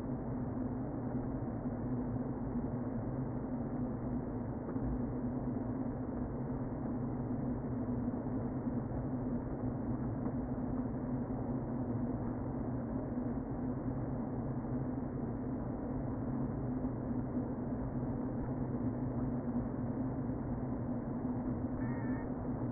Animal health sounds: honeybee colony, microphone inside the hive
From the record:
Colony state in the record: queen present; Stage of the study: before two queens were removed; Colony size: about 60,000 bees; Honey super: yes

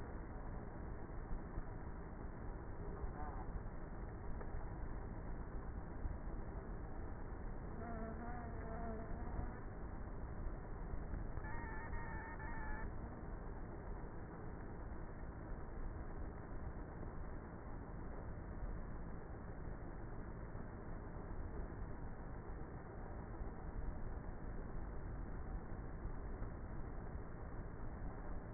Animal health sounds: honeybee colony, microphone inside the hive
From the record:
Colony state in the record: queenless with a low population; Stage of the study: before two queens were removed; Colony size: about 30,000 bees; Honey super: no

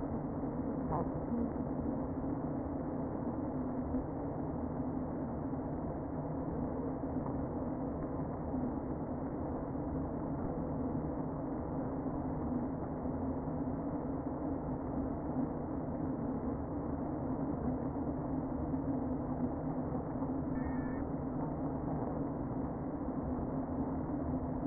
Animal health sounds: honeybee colony, microphone inside the hive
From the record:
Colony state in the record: queen present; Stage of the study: before two queens were removed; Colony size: about 60,000 bees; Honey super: yes

